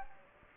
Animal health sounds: mosquito wingbeat signal from an infrared sensor; Anopheles gambiae

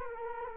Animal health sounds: mosquito wingbeat signal from an infrared sensor; Culex quinquefasciatus

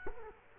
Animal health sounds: mosquito wingbeat signal from an infrared sensor; Culex quinquefasciatus

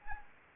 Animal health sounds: mosquito wingbeat signal from an infrared sensor; Anopheles gambiae

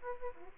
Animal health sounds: mosquito wingbeat signal from an infrared sensor; Aedes aegypti

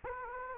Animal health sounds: mosquito wingbeat signal from an infrared sensor; Anopheles gambiae

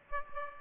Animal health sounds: mosquito wingbeat signal from an infrared sensor; Aedes aegypti

